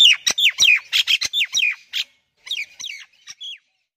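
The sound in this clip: Myna calls: a fast run of harsh, downward-sliding squawks, then a short pause and a few softer, scratchy repeats.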